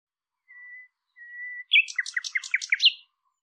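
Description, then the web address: Bird song opening with two steady, thin whistled notes, followed by a quick run of about eight sweeping chirps. "cianscape birddata Deverinetal 2025"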